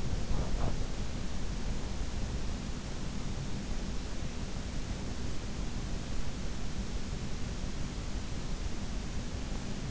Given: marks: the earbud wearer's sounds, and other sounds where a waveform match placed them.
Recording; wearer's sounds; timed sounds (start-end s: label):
sounds in sleep by an in-ear microphone; body movement
0.00-0.99 s: body movement